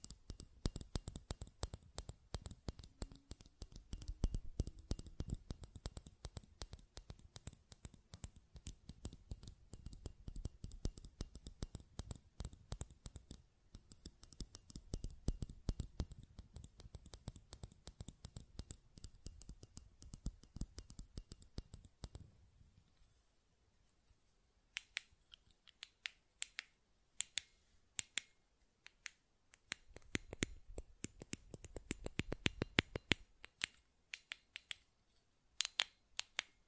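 Buttons are clicked and tapped in a fast, dense stream of sharp clicks for about the first 22 seconds. After a brief quiet gap, sparser clicks return in scattered bursts, with a quick flurry around 31 to 33 seconds before trailing off.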